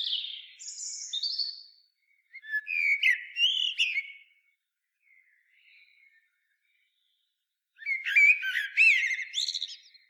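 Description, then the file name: Common blackbird song: high whistled notes, then a lower warbled phrase, a pause and another burst of rapid squeaky twittering. "Turdus merula"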